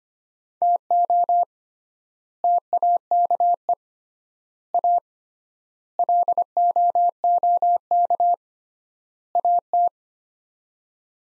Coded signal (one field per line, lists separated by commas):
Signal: Morse code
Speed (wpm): 25 wpm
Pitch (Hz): 700 Hz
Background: none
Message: TO TAKE A LOOK AT